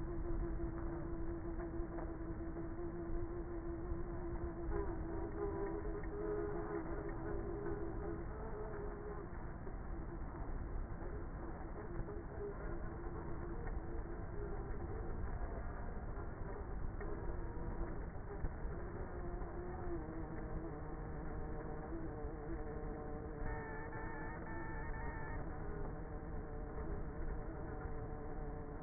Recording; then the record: honeybee colony, microphone inside the hive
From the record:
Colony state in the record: queenless with a low population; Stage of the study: before two queens were removed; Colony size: about 30,000 bees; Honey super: no